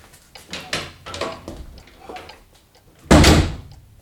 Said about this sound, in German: Aber schon wenig später ging die Tür wieder auf und der fromme Onkel trat ein.